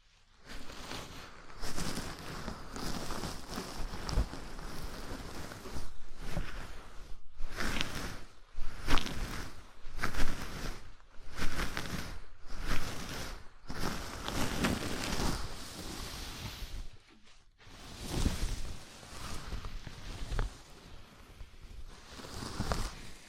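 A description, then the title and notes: A scalp massage makes dense, scratchy rubbing bursts that repeat about once a second with brief quiet gaps, including a longer pause near seventeen seconds. ASMR Sleepy Scalp Massage (No Talking).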